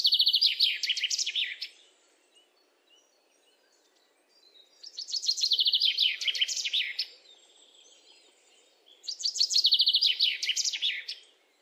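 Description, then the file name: Common chaffinch song repeated three times, roughly every four to five seconds, each a fast, bright trill dropping in pitch and closing with a brief flourish. "Fringilla coelebs"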